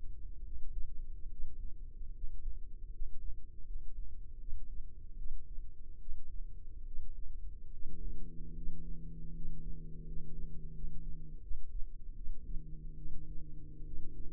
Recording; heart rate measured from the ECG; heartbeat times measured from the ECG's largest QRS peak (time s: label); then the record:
heart sounds by microphone in the left ear; 76 bpm
0.43 s: heartbeat
1.29 s: heartbeat
2.13 s: heartbeat
2.92 s: heartbeat
3.65 s: heartbeat
4.39 s: heartbeat
5.16 s: heartbeat
5.99 s: heartbeat
6.85 s: heartbeat
7.71 s: heartbeat
8.55 s: heartbeat
9.34 s: heartbeat
10.06 s: heartbeat
10.74 s: heartbeat
11.41 s: heartbeat
12.15 s: heartbeat
12.96 s: heartbeat
13.84 s: heartbeat
From the record:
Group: healthy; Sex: female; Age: 32 years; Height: 168 cm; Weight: 61.9 kg